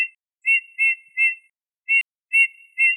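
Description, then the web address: Eurasian bullfinch calls, soft clear piping whistles, short level notes repeated about every third of a second in small groups, in otherwise quiet surroundings. "Pyrrhula pyrrhula"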